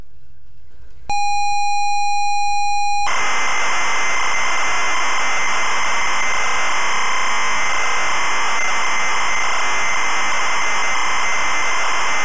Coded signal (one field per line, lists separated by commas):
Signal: ZX Spectrum tape loading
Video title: Camelot Warriors (ZX Spectrum) - full tape loading